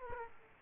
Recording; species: mosquito wingbeat signal from an infrared sensor; Aedes aegypti